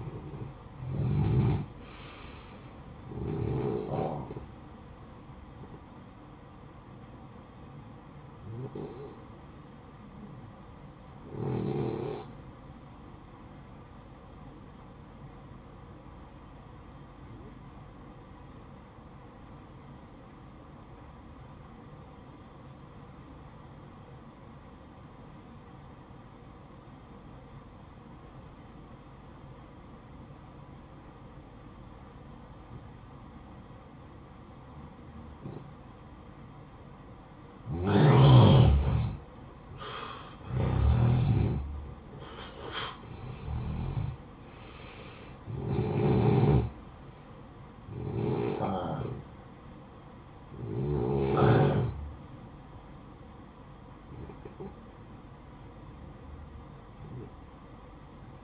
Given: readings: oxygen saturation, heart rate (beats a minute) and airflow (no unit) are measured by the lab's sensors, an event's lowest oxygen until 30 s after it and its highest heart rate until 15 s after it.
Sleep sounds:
breathing in sleep by a smartphone at the bedside; 1
3.00-58.44 s: new sleep stage, N1 (lightest sleep)
15.00-35.90 s: obstructive apnea (N1, oxygen 94% highest, then 88% lowest, heart rate 60 at the start, 66 highest)
From the record:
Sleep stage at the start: N2 (light sleep); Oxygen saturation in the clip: 85 to 94%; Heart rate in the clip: 55 to 73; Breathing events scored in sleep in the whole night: 573 in 9.8 hours asleep

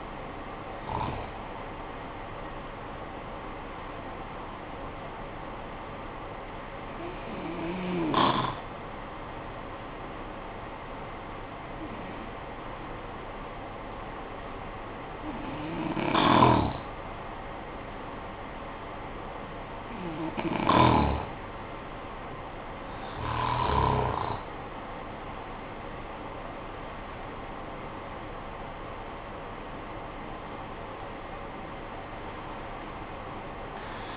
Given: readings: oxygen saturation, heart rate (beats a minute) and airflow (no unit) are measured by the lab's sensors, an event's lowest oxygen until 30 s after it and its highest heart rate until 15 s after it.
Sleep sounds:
breathing in sleep by a voice recorder at the bedside; 1
11.00-25.20 s: hypopnea (N1, oxygen 94% highest, then 91% lowest, heart rate 46 at the start, 68 highest)
From the record:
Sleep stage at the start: N1 (lightest sleep); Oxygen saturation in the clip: 90 to 95%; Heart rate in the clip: 44 to 76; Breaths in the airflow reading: 6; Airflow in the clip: -10.6 to 11.6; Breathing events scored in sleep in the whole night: 445 in 7.6 hours asleep

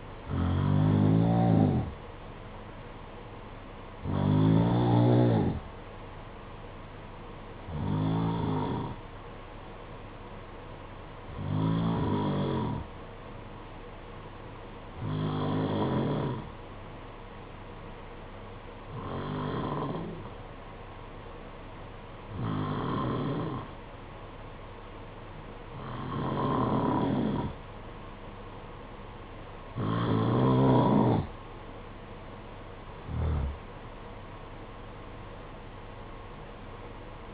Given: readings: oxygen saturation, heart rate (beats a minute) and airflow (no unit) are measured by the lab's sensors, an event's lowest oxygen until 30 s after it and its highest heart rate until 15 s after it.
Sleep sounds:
breathing in sleep by a voice recorder at the bedside; 1
11.00-31.40 s: hypopnea (N2, oxygen 93% highest, then 90% lowest, heart rate 56 at the start, 68 highest)
From the record:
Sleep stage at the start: N2 (light sleep); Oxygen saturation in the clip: 92 to 93%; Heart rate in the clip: 55 to 62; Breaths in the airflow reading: 10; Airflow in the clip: -9.0 to 8.8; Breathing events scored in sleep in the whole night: 476 in 9.7 hours asleep

